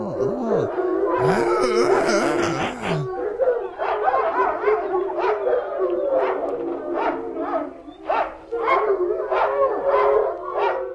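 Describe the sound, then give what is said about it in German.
Several dogs howl together in rising and falling wavering tones, then break into a loud, steady stream of overlapping barks that continues to the end. “Ja, willst du doch totale, fiese, fiese, kranke, oh, Hunde.”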